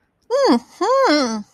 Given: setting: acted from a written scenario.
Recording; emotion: vocal sound without words; pride